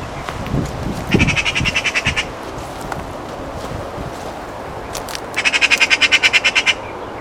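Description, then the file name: Eurasian magpie with two loud rattling chatters of rapid harsh notes, the second longer, with a few low thumps and soft rustling early on. "Pica pica"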